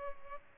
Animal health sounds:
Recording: mosquito wingbeat signal from an infrared sensor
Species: Culex pipiens

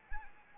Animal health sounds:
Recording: mosquito wingbeat signal from an infrared sensor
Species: Anopheles arabiensis

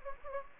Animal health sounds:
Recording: mosquito wingbeat signal from an infrared sensor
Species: Anopheles gambiae

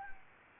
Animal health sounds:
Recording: mosquito wingbeat signal from an infrared sensor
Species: Anopheles gambiae

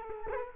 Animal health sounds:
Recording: mosquito wingbeat signal from an infrared sensor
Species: Culex quinquefasciatus

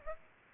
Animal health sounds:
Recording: mosquito wingbeat signal from an infrared sensor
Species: Aedes aegypti

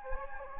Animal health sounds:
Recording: mosquito wingbeat signal from an infrared sensor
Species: Anopheles gambiae

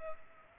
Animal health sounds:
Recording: mosquito wingbeat signal from an infrared sensor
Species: Aedes aegypti

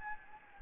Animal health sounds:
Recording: mosquito wingbeat signal from an infrared sensor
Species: Anopheles gambiae

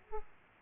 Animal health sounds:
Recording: mosquito wingbeat signal from an infrared sensor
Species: Aedes aegypti

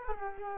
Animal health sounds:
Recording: mosquito wingbeat signal from an infrared sensor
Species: Culex quinquefasciatus

